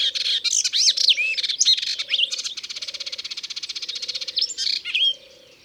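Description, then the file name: Melodious warbler singing a hurried medley of sweeping whistles, then a long even buzzy rattle before more twisting notes; a low steady hum repeats underneath. Recorded in Ardèche. "Hypolais-Polyglotte Ardeche"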